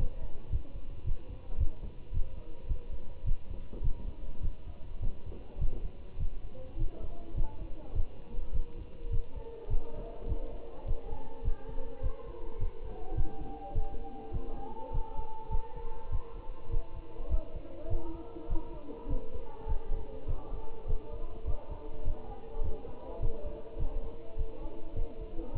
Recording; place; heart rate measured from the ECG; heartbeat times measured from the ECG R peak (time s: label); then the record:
heart sounds by stethoscope; between the tricuspid and mitral areas; 103 bpm
0.52 s: heartbeat
1.06 s: heartbeat
1.59 s: heartbeat
2.14 s: heartbeat
2.69 s: heartbeat
3.26 s: heartbeat
3.83 s: heartbeat
4.43 s: heartbeat
5.02 s: heartbeat
5.60 s: heartbeat
6.20 s: heartbeat
6.79 s: heartbeat
7.37 s: heartbeat
7.95 s: heartbeat
8.54 s: heartbeat
9.12 s: heartbeat
9.70 s: heartbeat
10.28 s: heartbeat
10.87 s: heartbeat
11.44 s: heartbeat
12.03 s: heartbeat
12.60 s: heartbeat
13.16 s: heartbeat
13.75 s: heartbeat
14.33 s: heartbeat
14.93 s: heartbeat
15.51 s: heartbeat
16.12 s: heartbeat
16.71 s: heartbeat
17.31 s: heartbeat
17.90 s: heartbeat
18.49 s: heartbeat
19.09 s: heartbeat
19.68 s: heartbeat
20.28 s: heartbeat
20.88 s: heartbeat
21.47 s: heartbeat
22.05 s: heartbeat
22.63 s: heartbeat
23.22 s: heartbeat
23.79 s: heartbeat
24.38 s: heartbeat
24.96 s: heartbeat
25.54 s: heartbeat
From the record:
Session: Bruce protocol treadmill stress test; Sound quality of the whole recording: good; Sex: male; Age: 25 years